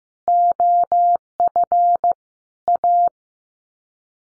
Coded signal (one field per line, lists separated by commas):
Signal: Morse code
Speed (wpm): 15 wpm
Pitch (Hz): 700 Hz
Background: none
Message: OF A